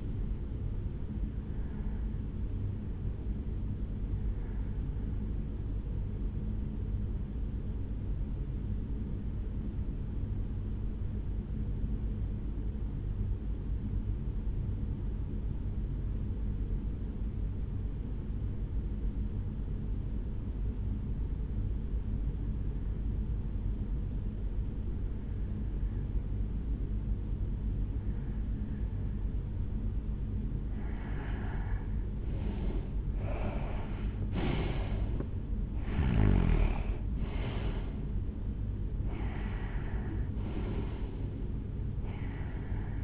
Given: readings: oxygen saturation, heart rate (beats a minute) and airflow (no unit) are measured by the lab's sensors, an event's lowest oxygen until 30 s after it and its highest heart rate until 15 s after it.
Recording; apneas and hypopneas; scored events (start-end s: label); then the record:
breathing in sleep by a smartphone at the bedside; 1
9.00-32.20 s: hypopnea (REM, oxygen 95% highest, then 84% lowest, heart rate 57 at the start, 76 highest)
From the record:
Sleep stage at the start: REM sleep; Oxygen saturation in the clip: 80 to 95%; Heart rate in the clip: 56 to 76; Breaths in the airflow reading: 7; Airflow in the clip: -10.5 to 7.5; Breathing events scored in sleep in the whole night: 449 in 7.0 hours asleep